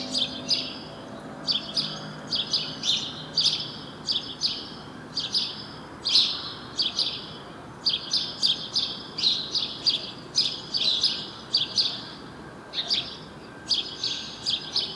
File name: Passer domesticus